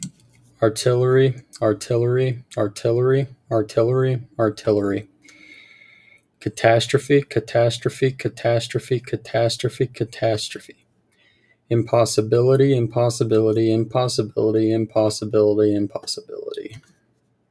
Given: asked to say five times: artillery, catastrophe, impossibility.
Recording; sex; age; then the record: three words, each repeated; male; 20 to 29 years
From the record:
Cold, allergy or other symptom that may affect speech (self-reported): no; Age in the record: 24 years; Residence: Utah, United States